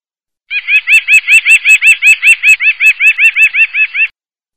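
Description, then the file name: Bird song made of a quick, even series of many bright, arched chirps, with nothing else heard. "burungasing agroburung"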